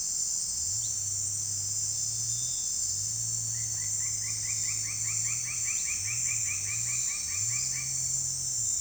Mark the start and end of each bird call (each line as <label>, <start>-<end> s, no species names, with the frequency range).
bird call (2.7-5.1 kHz), 0.68-1.00 s
bird call (0.4-5.8 kHz), 3.50-7.96 s